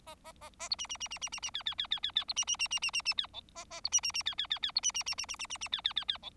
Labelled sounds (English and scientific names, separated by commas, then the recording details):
Bengalese Finch (Lonchura striata domestica) song
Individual Bird4